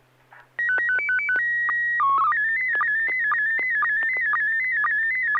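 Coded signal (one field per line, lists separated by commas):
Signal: SSTV (slow-scan television)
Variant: PD 120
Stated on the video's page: SSTV images on a weekly net via an FM repeater on 441.300 MHz in Sacramento, sent with MMSSTV.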